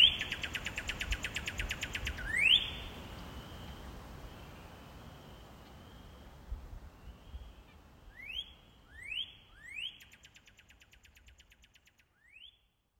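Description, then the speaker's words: Northern Cardinal chatter, fast buzzy runs of chips at the start and near the end, with a few quick rising whistled slurs between them over soft steady background noise. Female chattering up in a tree on a spring evening, recorded just outside a building's front door. "We'll leave you this week with a sound from just outside our front door here at IPR, a northern cardinal up in a tree chattering away on a spring evening."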